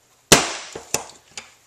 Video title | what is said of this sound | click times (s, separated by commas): How to Install a Phone Jack with CAT 5 | and now we're going to do the blue white wire again listen for the click | 0.3 s